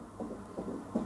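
Rapid, evenly spaced whooshing pulses, about three in one second, as heard through ultrasound Doppler. This is a fetal heartbeat at a typical fast fetal rate, in a dramatized reconstruction of a prenatal scan where the gynecologist lets the parents hear the baby's heart beating; the baby is a boy.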